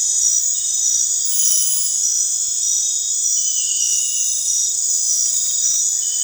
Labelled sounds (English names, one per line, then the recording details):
none
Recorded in dense forest near Puerto Asís, Putumayo, Colombia, on 16 December 2024 at 21:30
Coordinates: 0.468, -76.322
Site G071